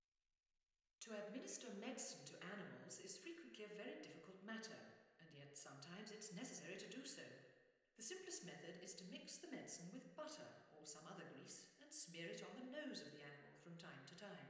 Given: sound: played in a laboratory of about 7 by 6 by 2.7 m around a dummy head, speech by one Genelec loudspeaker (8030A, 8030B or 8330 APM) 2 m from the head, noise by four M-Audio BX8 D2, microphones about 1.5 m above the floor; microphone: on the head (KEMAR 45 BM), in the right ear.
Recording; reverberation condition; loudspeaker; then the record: female speech in English; high; 60 degrees to the right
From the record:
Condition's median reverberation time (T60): about 1300 ms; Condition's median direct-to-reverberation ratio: about -4.0 dB